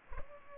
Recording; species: mosquito wingbeat signal from an infrared sensor; Culex pipiens